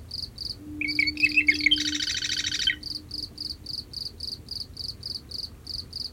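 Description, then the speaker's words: Marsh wren song: a few reedy notes, then a grating, buzzy chatter. A cricket chirps in steady rapid pulses throughout, and a low foghorn tone sounds for several seconds. Night-active marsh wren singing at night from cattails at the edge of a salt marsh, with a cricket and a distant foghorn; song reedy and gurgling, often ending with a grating chatter. "Listen to this night-active marsh wren, singing along with a cricket from cattails at the edge of a salt marsh, while a foghorn sounds off in the distance."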